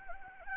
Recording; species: mosquito wingbeat signal from an infrared sensor; Anopheles gambiae